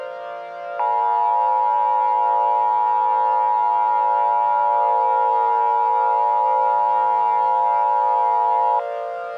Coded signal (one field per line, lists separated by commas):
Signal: Emergency Alert System (SAME) tones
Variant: 853 and 960 Hz attention tone